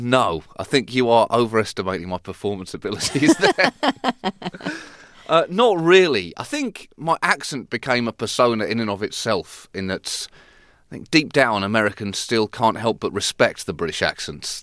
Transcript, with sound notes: No. I think you are overestimating my performance abilities there. (LAUGHTER) Not really. I think my accent became a persona in and of itself, in it's - I think deep down, Americans still can't help but respect the British accents.